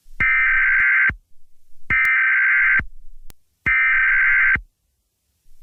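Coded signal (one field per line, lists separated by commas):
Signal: Emergency Alert System (SAME) tones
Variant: header bursts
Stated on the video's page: Fictional EAS scenario, not a real alert.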